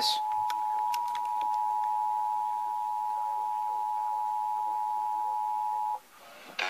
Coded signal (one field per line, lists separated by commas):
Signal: Emergency Alert System (SAME) tones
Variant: 853 and 960 Hz attention tone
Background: speech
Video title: EAS Capture #7: The National Periodic Emergency Alert System Test of 2016